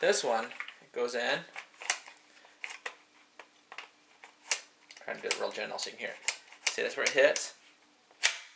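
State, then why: Not seated. A second, supposedly identical 30-round Magpul polymer magazine is pushed into the magazine well of an Adams Arms AR-15 with the bolt forward, giving sharp knocks and impacts while someone talks. The catch does not hold: nothing seats or clicks, and the magazine falls back out.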